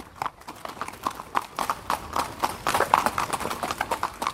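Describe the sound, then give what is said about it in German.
A horse with a jockey in the saddle walks at a stable, hooves at a steady, uneven clip-clop, each hollow knock sharp and moderately loud, with a soft background rustle and no voices. “Und dann kann es jetzt schon wieder losgehen und ich bin auf dem nächsten Pferd unterwegs.”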